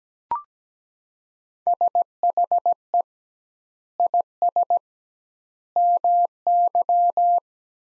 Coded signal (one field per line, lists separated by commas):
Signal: Morse code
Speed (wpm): 17 wpm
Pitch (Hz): 700 Hz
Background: none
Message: SHE IS MY